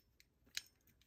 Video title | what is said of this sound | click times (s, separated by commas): 1911 Complete disassembly and reassembly | that all locked into place | 0.6 s